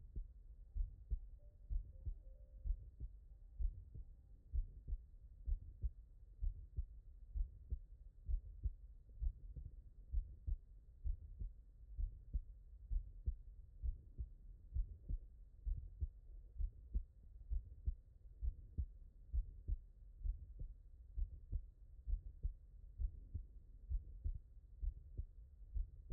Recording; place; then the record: heart sounds by stethoscope; tricuspid valve (TV)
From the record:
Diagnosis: non-HFrEF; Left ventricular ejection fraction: 57%